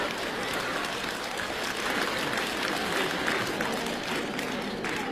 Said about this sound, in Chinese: 各位还鼓掌呢啊！